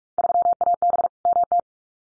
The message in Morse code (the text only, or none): 3AB MT